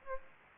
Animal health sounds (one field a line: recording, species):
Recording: mosquito wingbeat signal from an infrared sensor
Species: Aedes aegypti